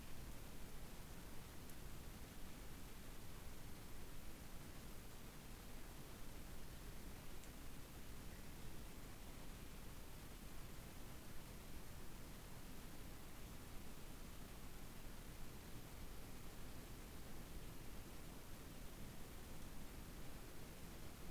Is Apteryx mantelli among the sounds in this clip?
no